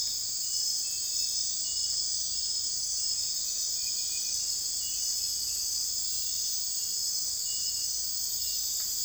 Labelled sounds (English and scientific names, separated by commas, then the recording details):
none
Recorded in secondary vegetation near Puerto Asís, Putumayo, Colombia, on 26 December 2024 at 02:00
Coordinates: 0.484, -76.319
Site GP06